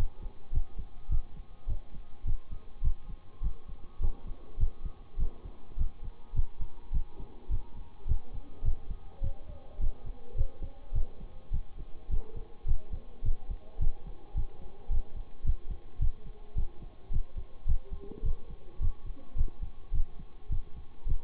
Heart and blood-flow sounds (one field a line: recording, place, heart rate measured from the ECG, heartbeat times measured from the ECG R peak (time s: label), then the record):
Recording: heart sounds by stethoscope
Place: between the tricuspid and mitral areas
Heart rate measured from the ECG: 105 bpm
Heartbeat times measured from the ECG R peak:
0.52 s: heartbeat
1.09 s: heartbeat
1.67 s: heartbeat
2.25 s: heartbeat
2.82 s: heartbeat
3.41 s: heartbeat
4.00 s: heartbeat
4.58 s: heartbeat
5.18 s: heartbeat
5.77 s: heartbeat
6.34 s: heartbeat
6.92 s: heartbeat
7.49 s: heartbeat
8.06 s: heartbeat
8.63 s: heartbeat
9.21 s: heartbeat
9.79 s: heartbeat
10.36 s: heartbeat
10.93 s: heartbeat
11.51 s: heartbeat
12.09 s: heartbeat
12.66 s: heartbeat
13.23 s: heartbeat
13.79 s: heartbeat
14.35 s: heartbeat
14.90 s: heartbeat
15.44 s: heartbeat
15.99 s: heartbeat
16.55 s: heartbeat
17.11 s: heartbeat
17.66 s: heartbeat
18.23 s: heartbeat
18.80 s: heartbeat
19.36 s: heartbeat
19.92 s: heartbeat
20.49 s: heartbeat
21.06 s: heartbeat
From the record:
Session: bicycle stress test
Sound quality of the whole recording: good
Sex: male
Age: 26 years